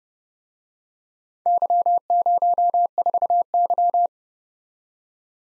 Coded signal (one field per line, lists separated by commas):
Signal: Morse code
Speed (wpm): 30 wpm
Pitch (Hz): 700 Hz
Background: none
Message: Y04Y